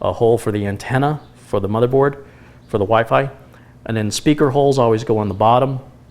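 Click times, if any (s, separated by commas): none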